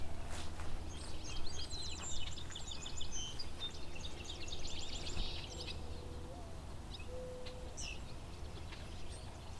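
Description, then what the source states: Barn swallows twittering in quick high chattering bursts for several seconds, with a few clear lower whistles from another bird and a low rumble underneath. Several barn swallows at a pond.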